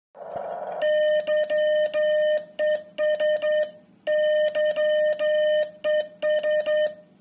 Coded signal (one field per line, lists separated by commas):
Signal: Morse code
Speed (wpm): 10 wpm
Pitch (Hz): 590 Hz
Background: none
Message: YES YES